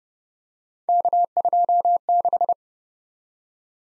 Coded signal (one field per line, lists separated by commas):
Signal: Morse code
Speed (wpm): 29 wpm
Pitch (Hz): 700 Hz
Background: none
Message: K26